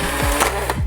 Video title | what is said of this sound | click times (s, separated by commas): watch this before using the Polaroid 600 land camera📸 | take this piece and snap it into place | 0.7 s